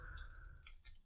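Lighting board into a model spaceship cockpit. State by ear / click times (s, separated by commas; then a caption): not seated / none. A plastic cockpit lighting board with fiber optics attached is handled while being pressed back into a model Millennium Falcon cockpit, with low rumble, a steady mid-pitched tone fading out by about 0.6 s, and brief light rattling clinks, the sharpest at 0.9 s. The clip ends before the board goes home, so nothing has seated or clicked into place yet.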